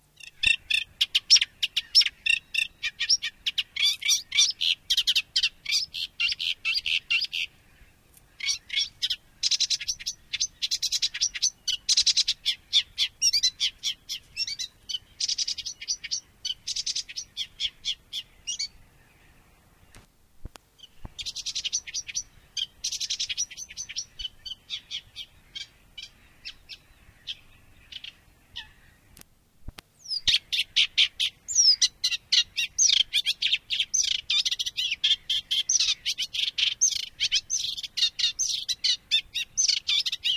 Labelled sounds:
Eurasian Reed Warbler song

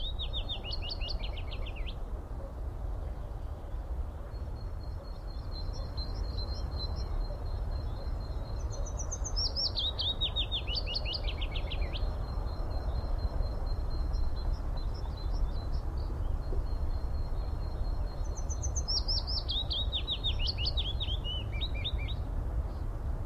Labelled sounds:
Willow Warbler

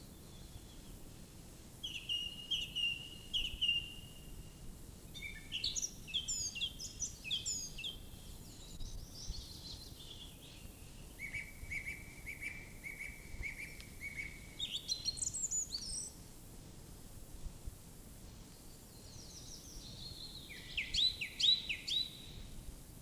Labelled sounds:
Song Thrush song

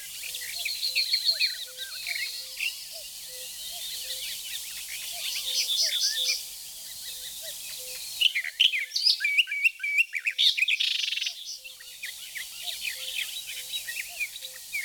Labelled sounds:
Barred Warbler song

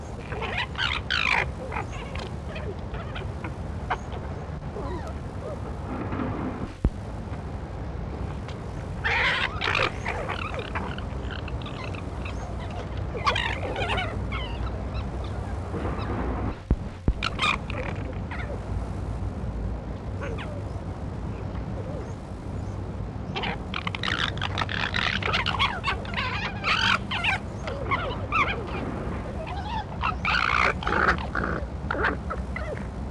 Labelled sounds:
Corsac Fox

